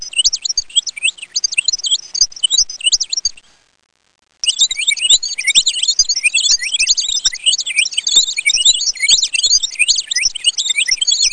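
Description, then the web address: Bird chirping, a dense run of high, quick, twittering calls that runs almost continuously, broken by a short silent gap. "Soundsation Animals Birds"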